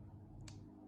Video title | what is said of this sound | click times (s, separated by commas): EVO X Is In The Air: Undercarriage & Engine Bay Insepction / Installing Headliner and Drip Molding | and they just snap right into place. | 0.5 s